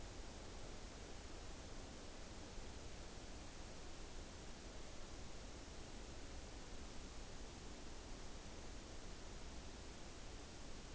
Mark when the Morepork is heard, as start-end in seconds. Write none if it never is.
none